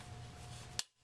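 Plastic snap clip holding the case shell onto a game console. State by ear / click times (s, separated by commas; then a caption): released / 0.8 s. A tool is pushed at an angle into a vent hole of a plastic Xbox 360 console case to release an internal plastic snap clip that holds the case shell on. Over a steady low hum, a single sharp click sounds at 0.8 s, and the background then drops away quickly. The click confirms the first clip has been released.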